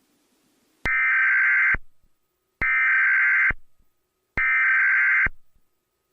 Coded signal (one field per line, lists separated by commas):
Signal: Emergency Alert System (SAME) tones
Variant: header bursts